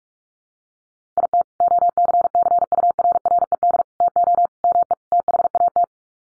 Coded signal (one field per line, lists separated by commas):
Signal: Morse code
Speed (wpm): 44 wpm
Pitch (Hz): 700 Hz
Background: none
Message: IT OCCURRED TO ME THAT